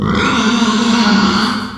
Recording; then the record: squeal of a Yucatan mini pig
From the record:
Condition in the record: after surgery on the right vocal fold (resection and tissue-engineered implant); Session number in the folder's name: 16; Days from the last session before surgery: 183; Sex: female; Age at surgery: 19 weeks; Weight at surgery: 25 kg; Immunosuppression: prednisolone